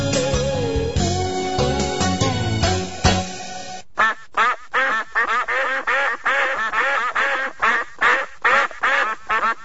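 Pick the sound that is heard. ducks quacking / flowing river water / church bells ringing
ducks quacking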